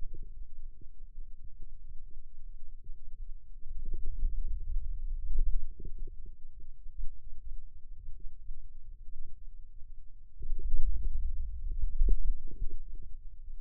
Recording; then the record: forearm muscle sounds (acoustic myography)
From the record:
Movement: wrist extension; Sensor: system 2, bracelet of six BSWA MPA416 microphones around the upper forearm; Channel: 5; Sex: male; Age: 22 years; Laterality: right